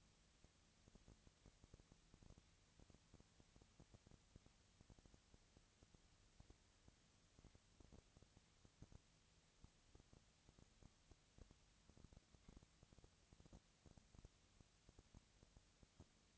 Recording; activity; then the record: daily activity, microphone in the room; no activity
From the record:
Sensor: 3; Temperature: 20.4 degrees Celsius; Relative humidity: 34.4%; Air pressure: 996.9 hPa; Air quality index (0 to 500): 205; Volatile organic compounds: 68 ppm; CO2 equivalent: 3504 ppm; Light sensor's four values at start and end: 2/3/2/2 and 2/3/2/2